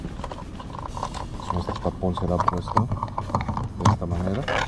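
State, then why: Not seated. A plastic retainer on a new fuel filler cap for an MK7 Jetta is handled and positioned at its mounting hole in the filler neck housing while someone talks, with scattered short, sharp handling knocks and ticks. Nothing has seated or clicked into place yet.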